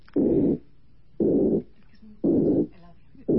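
Harsh, rough, constant whooshing bursts of about 0.4 seconds each fill the space between the first and second heart sounds, repeating steadily at roughly 58 a minute, as heard through a stethoscope. The 'tic tic' of the first and second heart sounds is practically inaudible beneath them; only the murmur comes through. This is the murmur of aortic stenosis: the valves become rigid and no longer close.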